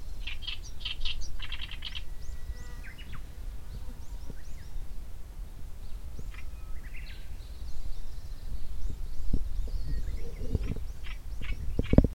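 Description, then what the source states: Black-browed reed warbler song: bursts of quick, scratchy chattering notes with a thin sustained whistle early on, over a low rumbling background. Recorded near Daibosatsu Pass, Japan.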